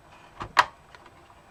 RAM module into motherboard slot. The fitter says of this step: do a click and then just you know don't mess with it